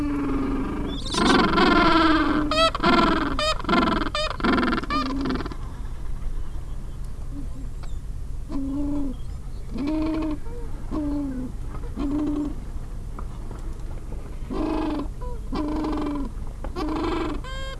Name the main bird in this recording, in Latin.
Pygoscelis papua